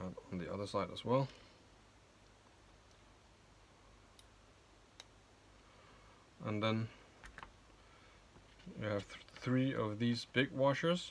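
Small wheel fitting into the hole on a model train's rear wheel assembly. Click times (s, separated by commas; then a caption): 5.0 s. The small wheel part on the other side of a model train's rear wheel assembly is pushed into its hole and seats with a sharp click at 5.0 s. Someone talks before and after it, and a fainter tick is heard just before the click.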